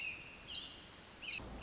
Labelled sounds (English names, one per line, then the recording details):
Pacific Wren
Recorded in Sonoma County, California